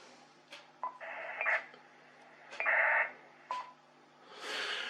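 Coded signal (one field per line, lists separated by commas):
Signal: ACARS aircraft data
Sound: several short harsh data bursts, each starting with a brief tone, between squelch clicks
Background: radio static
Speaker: So this is what happens when the ARD2 receives an ACARS transmission.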